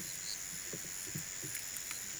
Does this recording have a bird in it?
no